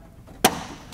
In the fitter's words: need to push up on it if you push up on it you'll hear it click and it will allow you to remove the headlight from the truck